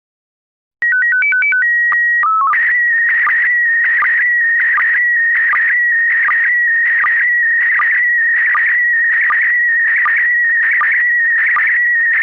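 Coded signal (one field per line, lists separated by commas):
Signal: SSTV (slow-scan television)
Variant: PD 180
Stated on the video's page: Slow Scan Radio broadcast carrying SSTV images and data modes.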